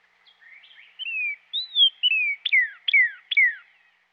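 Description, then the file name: Northern cardinal song: a few faint notes, then ringing slurred whistles, ending in three emphatic downward-slurred notes. "dan gibsons solitudes northern cardinal"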